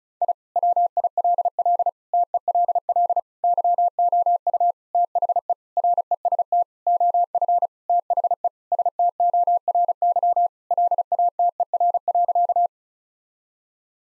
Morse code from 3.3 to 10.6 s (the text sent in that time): YOU THE REST OF THE STORY